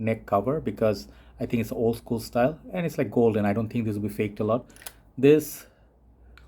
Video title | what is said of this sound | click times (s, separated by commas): Antonio Puig Agua Brava Cologne Review (1968) | kind of like doesn't click onto place but i think you can pick it up not very heavy okay | none